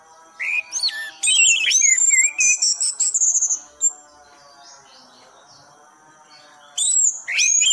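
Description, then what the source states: Thrush singing in bursts of quick slurred whistles and twisting notes, then a long quiet stretch before the song resumes, over a steady low hum. Masteran recording of bird sound for tutoring cage birds; title describes it as gacor teler.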